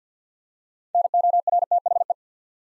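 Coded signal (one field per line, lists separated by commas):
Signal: Morse code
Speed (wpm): 49 wpm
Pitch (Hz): 700 Hz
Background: none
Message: NORTHE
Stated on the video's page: Morse code practice drill at 50 wpm, building 8-letter words two letters at a time for instant character recognition.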